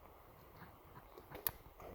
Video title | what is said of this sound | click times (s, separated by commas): 2000 mercury 125 hp outboard 2+2 how to maintenance ... | there's a click once you have the click it's already in there and secure | 1.5 s